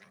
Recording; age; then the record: pig call; piglet (1 to 25 days)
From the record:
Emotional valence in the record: positive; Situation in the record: reunion after long isolation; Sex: female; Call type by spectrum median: low-frequency call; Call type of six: low-frequency tonal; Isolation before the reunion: 8 minutes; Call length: 0.10 s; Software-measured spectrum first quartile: 568 Hz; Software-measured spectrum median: 1565 Hz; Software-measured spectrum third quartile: 2311 Hz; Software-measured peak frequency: 2012 Hz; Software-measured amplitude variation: 90 dB a second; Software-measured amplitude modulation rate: 14.8 a second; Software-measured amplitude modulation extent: 6.1 dB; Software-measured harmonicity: 0.3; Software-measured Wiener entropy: -0.53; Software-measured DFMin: 448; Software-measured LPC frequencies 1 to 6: 997, 1897, 3887, 5666, 8128, 9192 Hz